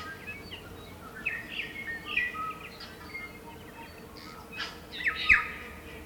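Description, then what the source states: Tui singing buzzy, rasping phrases mixed with thin whistles and clicks, loudest bursts near the end, over constant low background noise. Morning chorus of tui, New Zealand native birds.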